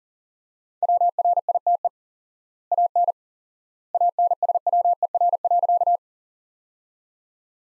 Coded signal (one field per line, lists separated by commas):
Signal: Morse code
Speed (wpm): 40 wpm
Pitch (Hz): 700 Hz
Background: none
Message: WRITE AN ANSWER.